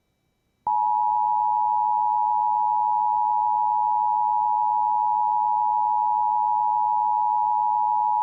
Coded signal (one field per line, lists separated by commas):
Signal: Emergency Alert System (SAME) tones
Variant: 853 and 960 Hz attention tone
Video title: Tornado Watch #182 On WJON 5/17/21 (EAS #581)